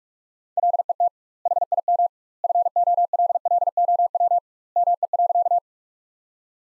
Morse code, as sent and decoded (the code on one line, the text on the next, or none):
.-.. . - / .... .. -- / ..-. --- .-.. .-.. --- .-- / -- . .-.-.-
LET HIM FOLLOW ME.